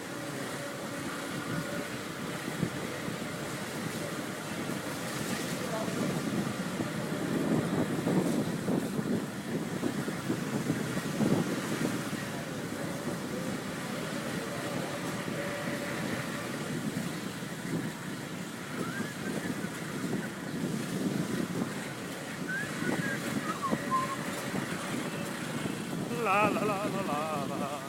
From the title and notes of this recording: Super Excitebike Da Nang Hazard Course 2: Back Street Special. More zooming through back alleys in Da Nang's Hai Chau district.